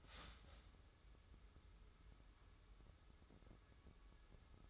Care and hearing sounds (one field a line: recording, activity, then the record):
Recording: daily activity, microphone in the room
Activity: start toaster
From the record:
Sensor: 3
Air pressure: 994.4 hPa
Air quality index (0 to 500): 202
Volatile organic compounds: 1000 ppm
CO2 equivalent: 6722 ppm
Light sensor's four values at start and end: 118/278/113/104 and 118/279/114/105